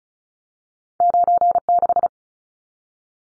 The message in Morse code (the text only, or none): 96